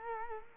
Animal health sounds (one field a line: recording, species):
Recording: mosquito wingbeat signal from an infrared sensor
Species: Culex quinquefasciatus